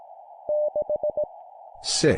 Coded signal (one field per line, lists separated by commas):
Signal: Morse code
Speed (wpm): 18 wpm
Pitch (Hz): 600 Hz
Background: speech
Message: 6E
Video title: 17wpm Random Numbers plus human voice, morse code practice